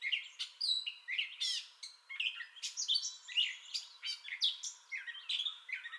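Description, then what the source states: Gray catbird singing a fast, continuous medley of mewing, squeaky and harsh notes, each phrase different, with no breaks. Entire song bout, recorded 30 May 2021.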